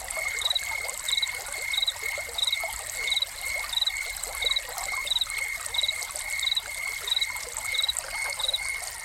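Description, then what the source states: Crickets chirping, steady short pulsed chirps in an even rhythm with a continuous high pulse, under the constant sound of flowing, trickling water. Crickets recorded together with a fountain as a soundscape.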